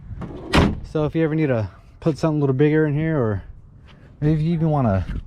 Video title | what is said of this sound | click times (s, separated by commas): REPLICA BLAZER IN THE MAKING! | um and hear that they uh they latch right back | 0.2 s, 0.5 s